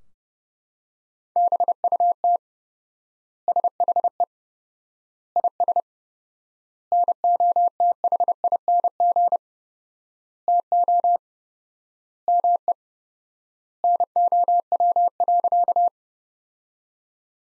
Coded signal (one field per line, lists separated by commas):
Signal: Morse code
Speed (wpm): 32 wpm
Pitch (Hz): 700 Hz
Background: none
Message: BUT SHE IS NOTHING TO ME NOW.